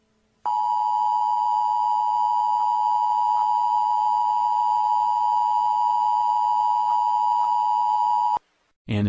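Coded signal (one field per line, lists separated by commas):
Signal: Emergency Alert System (SAME) tones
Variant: 853 and 960 Hz attention tone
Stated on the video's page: Fictional EAS mock with text-to-speech voice.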